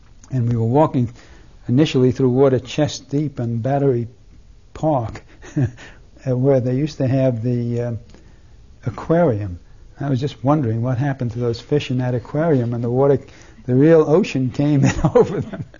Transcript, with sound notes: And we were walking initially through water, chest deep in Battery (he laughs) where they used to have the aquarium. I was just wondering what happened to those fish in that aquarium when the water, the real ocean, came and went over them.